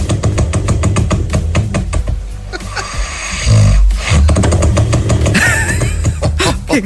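A man snores at home, loud enough to raise the rafters: low, rattling snoring made of rapid fluttering pulses, roughly three per second, with a brief deeper rumble in the middle, like a classic two-stroke engine with no muffler. This is heavy vibratory snoring. Background music plays throughout.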